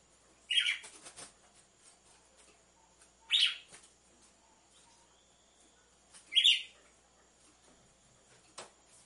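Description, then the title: Red-cowled cardinal song: three short, harsh chirped notes spaced about three seconds apart, with faint ticking clicks in the background. Female song, used to warm up males. "Canto Galo Campina Fêmea 01. ESQUENTE GALO DE CAMPINA COM BATIDA DE DOIS MACHOS"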